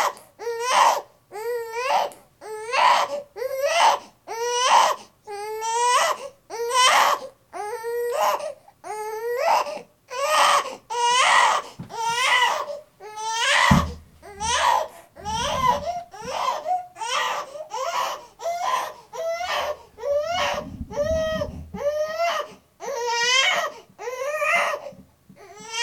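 An infant cries at length in repeated rising-and-falling wails, about one per second, with brief gasping pauses between them. The cry is loud, high-pitched and strongly tonal, with occasional low thumps in the room. Ordinary baby crying.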